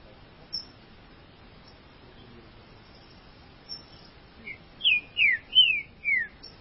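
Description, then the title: Green-winged saltator singing a rich phrase of five clear whistled notes, each slurring downward, delivered rapidly near the end after a quiet stretch. "Trinca Ferro"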